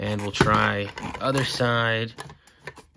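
Someone talks while handling a 12-inch plastic Spin Master 2023 Batman Adventures Batman action figure, bringing its second leg toward the foot peg of the toy Batcycle motorcycle, after the first leg snapped right in. Faint handling ticks follow at about 2.5, 2.7 and 3.0 seconds, but the leg has not seated or clicked onto the peg yet.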